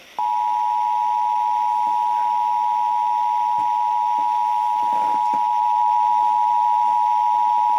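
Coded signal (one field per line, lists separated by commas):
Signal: Emergency Alert System (SAME) tones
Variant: 853 and 960 Hz attention tone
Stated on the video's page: Required Monthly Test from KSL-AM radio, a week late, tied to Utah's statewide monthly drill, captured from a live stream over Bluetooth.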